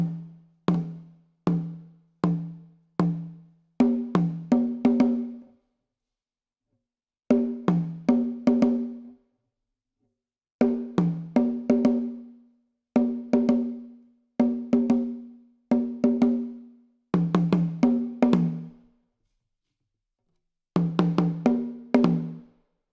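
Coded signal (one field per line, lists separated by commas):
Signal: talking drum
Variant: Akan atumpan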